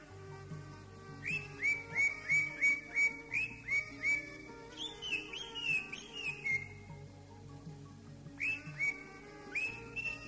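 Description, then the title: Greater green leafbird song: a series of downslurred whistled notes repeated about three per second, a short warbled phrase, then more repeated whistles, with a low hum behind. "Burung Cucak Ijo"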